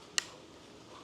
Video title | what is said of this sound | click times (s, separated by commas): FINALLY a 6 Horsepower Electric Outboard! | hear that click. | 0.2 s